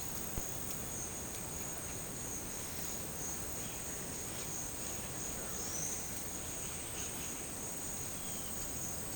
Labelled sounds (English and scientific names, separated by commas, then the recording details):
none
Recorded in pastures near Puerto Asís, Putumayo, Colombia, on 22 December 2024 at 11:00
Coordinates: 0.466, -76.322
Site G040